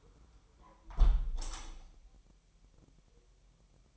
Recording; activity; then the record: daily activity, microphone in the room; close window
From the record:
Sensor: 1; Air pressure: 1000.3 hPa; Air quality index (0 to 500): 247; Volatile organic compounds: 140 ppm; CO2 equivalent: 3975 ppm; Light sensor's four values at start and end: 11/27/11/11 and 10/25/10/11